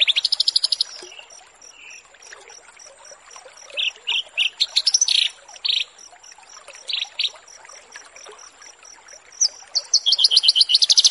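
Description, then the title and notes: Horsfield's bush lark song: scattered loud high chips and short rattles, separated by quieter gaps, ending in a fast dense trill, with constant faint ticking. Bird-keeping song tutoring recording used to train caged birds. "Branjangan VS BURGER Masteran Mewah 1. burung BRANJANGAN"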